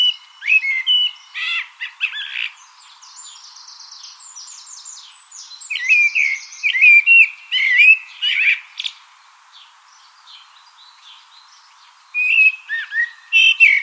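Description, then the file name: Common blackbird singing mellow warbled phrases mixed with thin, high twittering, with quiet gaps between phrases. "Turdus merula"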